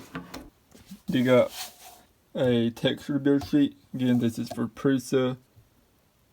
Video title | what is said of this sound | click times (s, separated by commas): 3d Print Finishes 101 | and it's double sided, so you can put it on both sides, and it's a magnetic sheet, so it just snaps into place. | 0.2 s